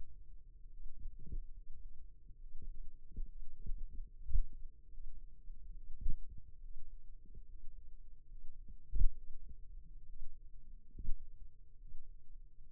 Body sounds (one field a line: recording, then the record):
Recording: forearm muscle sounds (acoustic myography)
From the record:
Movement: finger pinch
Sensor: system 2, bracelet of six BSWA MPA416 microphones around the upper forearm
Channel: 6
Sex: male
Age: 22 years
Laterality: right